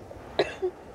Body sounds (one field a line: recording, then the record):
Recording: coughing mixed with background sound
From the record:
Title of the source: choking, hacking coughing